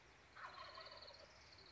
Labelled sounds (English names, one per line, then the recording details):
Wild Turkey
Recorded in Sonoma County, California